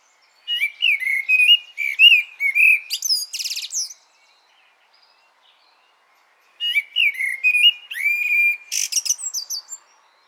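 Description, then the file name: Common blackbird song: a series of low, melodious whistled notes capped by a harsh high buzz, then after a pause a second warbled phrase with a squeaky finish. "Turdus merula"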